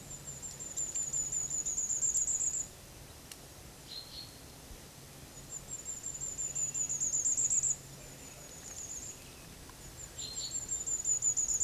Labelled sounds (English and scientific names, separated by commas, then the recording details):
Common Firecrest (Regulus ignicapilla) song
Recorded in the wild
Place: Oberstdorf, Bayern, DE
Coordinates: 47.4092, 10.3133
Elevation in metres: 1263
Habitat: mountains
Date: 1985-04-04
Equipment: Uher 4000 Report
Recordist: Tretzel, Erwin